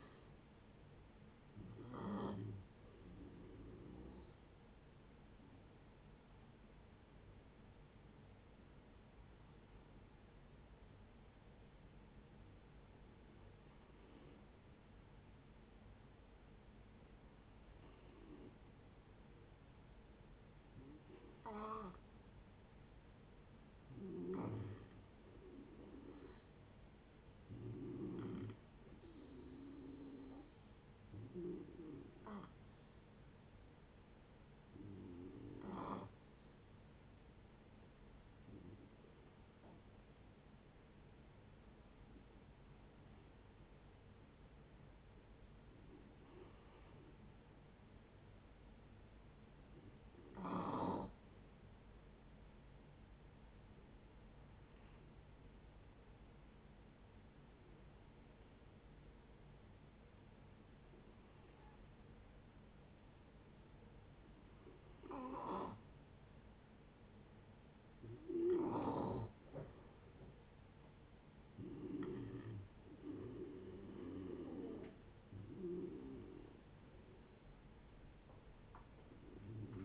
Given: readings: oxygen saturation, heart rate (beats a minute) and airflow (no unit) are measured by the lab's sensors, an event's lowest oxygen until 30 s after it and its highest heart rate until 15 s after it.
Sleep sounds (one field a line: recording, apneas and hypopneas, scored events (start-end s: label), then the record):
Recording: breathing in sleep by a voice recorder at the bedside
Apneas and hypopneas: 2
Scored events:
6.00-23.60 s: hypopnea (N1, oxygen 94% highest, then 89% lowest)
25.00-79.85 s: new sleep stage, N2 (light sleep)
35.00-67.30 s: hypopnea (N2, oxygen 95% highest, then 86% lowest, heart rate 68 at the start, 74 highest)
From the record:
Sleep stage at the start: N1 (lightest sleep)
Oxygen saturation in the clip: 84 to 95%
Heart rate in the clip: 57 to 74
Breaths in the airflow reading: 21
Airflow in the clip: -7.7 to 9.5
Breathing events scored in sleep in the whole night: 496 in 5.4 hours asleep